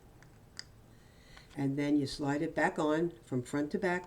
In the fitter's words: Snap it again.